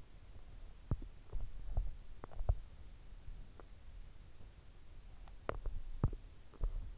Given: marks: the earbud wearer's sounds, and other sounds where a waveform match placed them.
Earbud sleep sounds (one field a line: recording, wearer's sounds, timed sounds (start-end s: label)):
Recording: sounds in sleep by an in-ear microphone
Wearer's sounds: teeth grinding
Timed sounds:
0.73-2.81 s: teeth grinding
5.29-6.98 s: teeth grinding